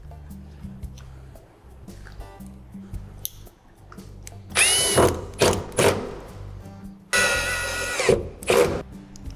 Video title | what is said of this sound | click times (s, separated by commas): Anderson Plug Install for Caravans + Camper Trailers | and just push it in until it gives that nice satisfying little click | 3.2 s